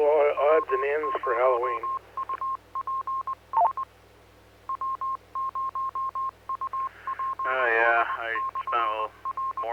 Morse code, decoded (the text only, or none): W0UPS W0UPS/R